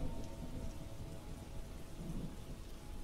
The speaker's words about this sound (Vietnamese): Nửa đêm, Trời mưa càng dữ dội. Tiếng ào ào đổ xuống mái tôn làm cho tôi và thằng Nam Cận chẳng tài nào ngủ nổi.